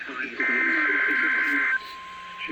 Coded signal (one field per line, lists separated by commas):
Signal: Emergency Alert System (SAME) tones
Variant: header bursts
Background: speech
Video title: BOXIBUDDY (EAS #94-95, L.S. EAS #118-#119) BOX, TBW, LWX Required Weekly Tests